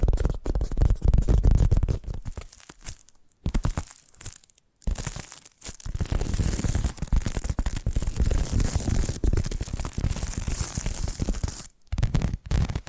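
Rapid, dense tapping with crinkly, tearing textures runs throughout, pausing briefly near three, four to five, and twelve seconds.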